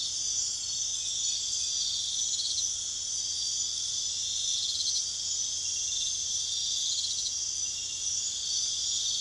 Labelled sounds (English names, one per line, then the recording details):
none
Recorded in pastures near Puerto Asís, Putumayo, Colombia, on 29 June 2025 at 04:00
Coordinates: 0.502, -76.324
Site G010